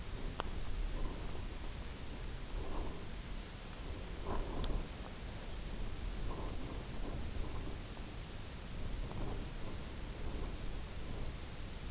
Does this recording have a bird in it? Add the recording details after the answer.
yes. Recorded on Arctic tundra, site UTQI-0, on 17 June 2019. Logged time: 22:00